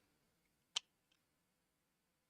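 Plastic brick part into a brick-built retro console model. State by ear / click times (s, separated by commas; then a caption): seated / 0.8 s. A plastic toy brick part is pushed into a brick-built retro console model near the mic to get a satisfying click. One sharp, bright click sounds at 0.8 s, followed by a much fainter tick just after 1.1 s, against quiet background. The part seats into place.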